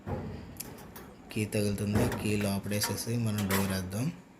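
Someone talks while handling the inner compartment door of a heavy steel locker, with the key left inside and the door's automatic latch plate about to catch as it is shut. Short metallic knocks come at about 0.6 s and 1.0 s. The automatic lock has not caught yet and nothing has latched.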